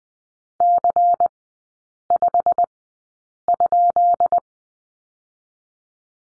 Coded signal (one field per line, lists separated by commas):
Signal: Morse code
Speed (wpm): 20 wpm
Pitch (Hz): 700 Hz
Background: none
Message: C5?